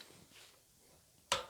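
A click-type torque wrench and socket tighten the cassette lockring on a bicycle rear wheel, with only faint low rustling at first. At 1.3 s the wrench gives one sharp, loud click as it reaches its set torque, and the sound fades quickly afterward.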